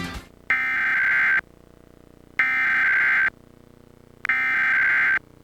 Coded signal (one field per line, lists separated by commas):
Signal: Emergency Alert System (SAME) tones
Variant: header bursts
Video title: Required Monthly Test (EAS #482)